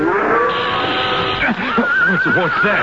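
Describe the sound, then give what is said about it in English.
A horse whinnies loudly, its shrill, wavering cry sliding up and down in pitch over a few seconds, ending in a burst of shorter, choppy snorting calls. “Just hold that horse of yours.”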